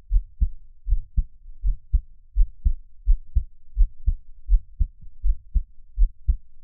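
Steady paired low thumps at about 82 beats a minute: a regular adult heartbeat, heard close up.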